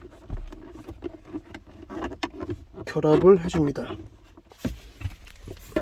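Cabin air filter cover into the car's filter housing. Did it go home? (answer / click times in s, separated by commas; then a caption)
yes / 5.8 s. A plastic cabin air filter cover in the glovebox area of an SUV is turned clockwise and pushed up into the car's filter housing while someone talks, with small handling taps and rattles along the way. It snaps home with a sharp click at 5.8 s, and the cover is seated and locked.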